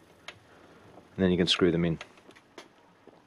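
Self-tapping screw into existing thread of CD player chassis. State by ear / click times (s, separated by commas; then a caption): seated / 0.3 s. A self-tapping case screw on a Technics SL-PG300 CD player is turned anticlockwise about one turn in the chassis until it clicks at 0.3 s, showing it has dropped into the existing thread in the plastic/metal. It is seated, so it can be screwed in without cutting a new thread. Someone talks in the middle, and a second, softer tick follows near 2.6 s.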